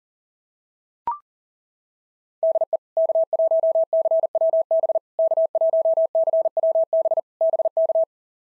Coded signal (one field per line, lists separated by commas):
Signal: Morse code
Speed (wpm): 41 wpm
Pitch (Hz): 650 Hz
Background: none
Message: DE K1CWB K1CWB BK